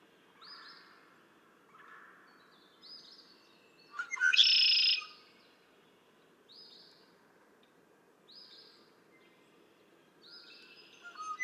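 Red-winged blackbird song: one loud buzzy trill with a short stuttering start, set among soft high notes repeated every second or two.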